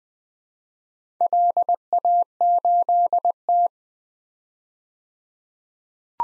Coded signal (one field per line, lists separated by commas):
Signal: Morse code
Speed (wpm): 20 wpm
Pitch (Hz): 700 Hz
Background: none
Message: LA8T